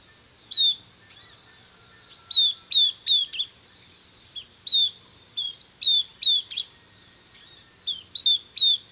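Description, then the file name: Southern beardless tyrannulet calling with thin, high, downslurred whistles, delivered singly and in brisk runs of two or three, with quiet gaps between bursts. "Camptostoma obsoletum - Southern Beardless Tyrannulet"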